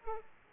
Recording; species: mosquito wingbeat signal from an infrared sensor; Aedes aegypti